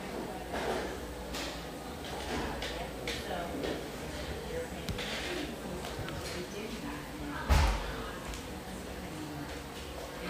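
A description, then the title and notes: A busy café hums with overlapping voices, a steady murmur of conversation filling the room. Scattered clatter and knocks come through, with one sharp, loud bang near the middle of the recording. A low rumble runs underneath throughout. Enjoy a sleepy start in this humming café, settled near the beach just north of San Diego.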